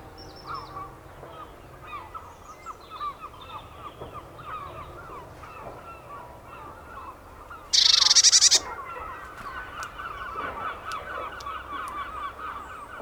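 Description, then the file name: Eurasian blue tit uttering a single rasping, fast-pulsed churr lasting under a second, set against a continuous background of lower twittering calls. "Cyanistes caeruleus"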